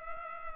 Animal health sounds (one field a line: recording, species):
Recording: mosquito wingbeat signal from an infrared sensor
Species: Culex pipiens